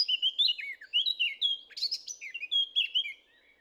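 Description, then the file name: Eurasian blackcap singing a fast, rich warble of clear whistled notes, briefly broken by a harsher scratchy burst midway, then continuing melodiously. "Sylvia atricapilla"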